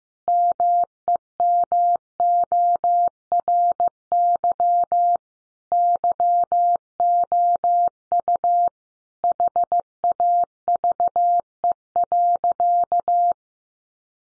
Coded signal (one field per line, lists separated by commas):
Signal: Morse code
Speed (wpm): 15 wpm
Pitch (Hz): 700 Hz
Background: none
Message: MEMORY YOU HAVE.